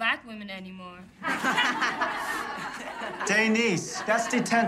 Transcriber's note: laughter